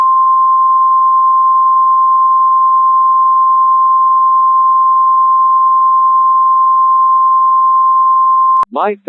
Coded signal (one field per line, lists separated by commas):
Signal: Emergency Alert System (SAME) tones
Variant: 1050 Hz attention tone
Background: speech